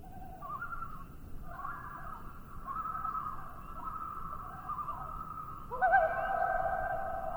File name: Common Loon